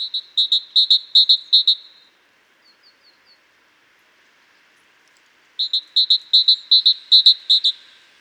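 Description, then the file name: Great tit song in two bursts of ringing paired notes, several phrases each, separated by a pause with a few faint soft notes. "Parus major"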